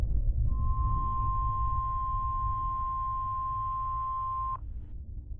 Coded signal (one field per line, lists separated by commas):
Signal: Emergency Alert System (SAME) tones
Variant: 1050 Hz attention tone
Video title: Rare & Unsettling Emergency Alert System Broadcasts Explained